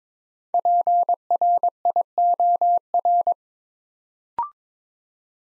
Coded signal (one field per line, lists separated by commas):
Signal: Morse code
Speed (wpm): 22 wpm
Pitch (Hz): 700 Hz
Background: none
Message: PRIOR